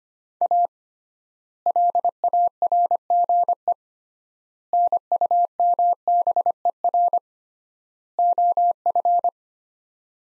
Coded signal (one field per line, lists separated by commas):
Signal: Morse code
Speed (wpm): 25 wpm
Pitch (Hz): 700 Hz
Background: none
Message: A LARGE NUMBER OF